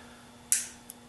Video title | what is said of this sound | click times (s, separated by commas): USB Digital Microscope | look at that just even hear it click | 0.5 s